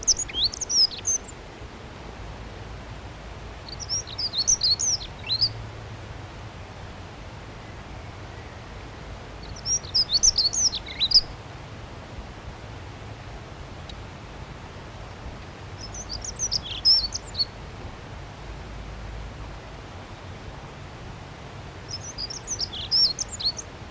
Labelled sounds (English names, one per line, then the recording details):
Dunnock song
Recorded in the wild
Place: Sackpfeife, DE
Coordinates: 50.9428, 8.53361
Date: 1964-04-16
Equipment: Uher Report 4000, AKG D190
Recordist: Krey, Winfried